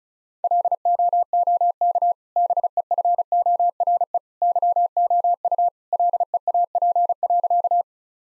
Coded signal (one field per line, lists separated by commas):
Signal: Morse code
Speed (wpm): 34 wpm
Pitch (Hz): 700 Hz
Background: none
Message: LOOK BEFORE YOU LEAP.